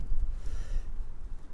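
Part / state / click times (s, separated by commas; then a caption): display mount clip onto dashboard hook / not seated / none. A plastic clip on a display mount is lined up by hand with the hook on the dashboard bracket of a 2026 Tesla Model Y. Only a low, soft rumble of handling is heard, with no sharp transients. Nothing has clicked or seated yet.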